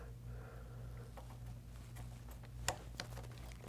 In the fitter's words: last step is attaching the battery push it all the way in and tell it snaps into place